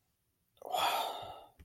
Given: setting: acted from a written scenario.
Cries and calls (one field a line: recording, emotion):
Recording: vocal sound without words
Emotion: ecstasy